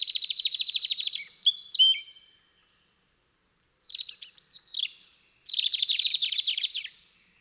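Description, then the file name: European robin song in two bursts: a fast rattling trill with quick slurred notes, a silent pause, then high sweeping whistles leading into another rapid trill. "Erithacus rubecula"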